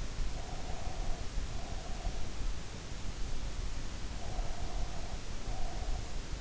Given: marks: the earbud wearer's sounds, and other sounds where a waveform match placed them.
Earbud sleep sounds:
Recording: sounds in sleep by an in-ear microphone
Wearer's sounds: breath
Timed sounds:
0.37-2.39 s: breath
3.98-6.28 s: breath

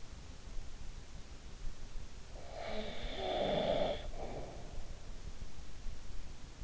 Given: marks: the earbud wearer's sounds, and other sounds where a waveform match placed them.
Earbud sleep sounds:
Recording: sounds in sleep by an in-ear microphone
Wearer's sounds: snoring breath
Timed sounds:
2.11-4.94 s: snoring breath

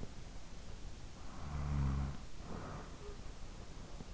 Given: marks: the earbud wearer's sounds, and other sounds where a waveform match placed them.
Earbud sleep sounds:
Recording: sounds in sleep by an in-ear microphone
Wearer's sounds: snoring breath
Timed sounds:
0.76-3.53 s: snoring breath

